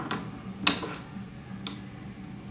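A numbered alloy NPT threading die (½"–2") is pushed back into its matching slot in a 2SE/50R pipe-threading die head until the ball detent clicks and holds it. A faint tap comes at 0.1 s, the sharp detent click at 0.7 s, and another short metallic tick at 1.7 s. The click shows the die is locked into place.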